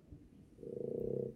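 A low, fluttering rasp swells in the second half of the clip, its rapid pulses giving it a croaky, almost frog-like sound. It is a small dog snoring while asleep on its owner's lap, ordinary sleep noise.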